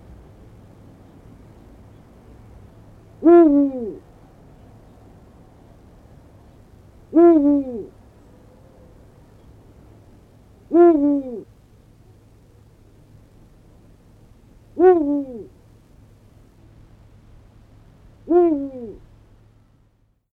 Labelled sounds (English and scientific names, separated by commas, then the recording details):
Eurasian Eagle-owl (Bubo bubo)
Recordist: Tembrock, Günter
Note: Rufe